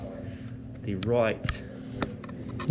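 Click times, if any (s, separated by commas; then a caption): 2.0 s. An add-on click shifter's plastic connector is plugged into the port on the right brake/shift lever of a SRAM Force eTap AXS wide gravel drivetrain on a Ribble CGR SL build. Someone talks, and a sharp snap is heard at 2.0 s as the plug seats in the lever port.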